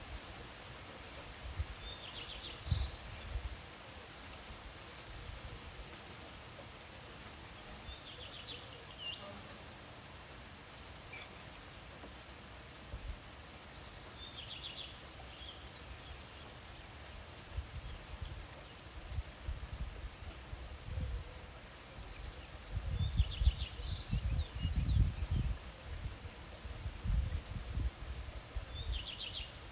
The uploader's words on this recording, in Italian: Natura calma. Pioggia, uccelli e silenzio. Registrazione estemporanea.